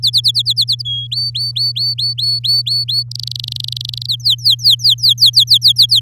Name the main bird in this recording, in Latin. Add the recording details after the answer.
Serinus canaria. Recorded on 7 May 2018 at 08:01. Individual llb16